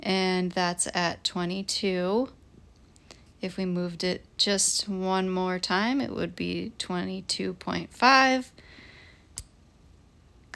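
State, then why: Seated. Someone talks while the metal adjustment locking sleeve on the handle of a click-type torque wrench is rotated one increment and released. After a quiet stretch with a sharp tick at 9.4 s, the sleeve snaps back into its locked position with a crisp click at 10.5 s. It is confirmed seated at the new setting of 23.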